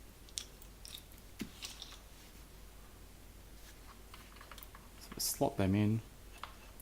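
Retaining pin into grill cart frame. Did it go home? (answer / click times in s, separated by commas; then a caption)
yes / 6.4 s. Plastic-headed retaining pins that hold the main frame of a Weber Q1000 grill onto the top of a Weber portable cart are slotted in by hand, with light taps and clicks before someone talks. A pin snaps home with a sharp click at 6.4 s, seated in place.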